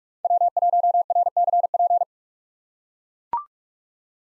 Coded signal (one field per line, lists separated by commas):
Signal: Morse code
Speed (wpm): 43 wpm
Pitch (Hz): 700 Hz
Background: none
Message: W1RCP